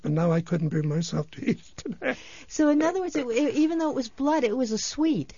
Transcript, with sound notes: But now I couldn't bring myself to eat it. ( he laughs )
So, in other words, even though it was blood, it was a sweet?